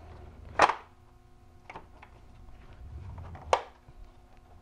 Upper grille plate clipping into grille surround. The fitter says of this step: nice just make sure you get those nice clicks you know and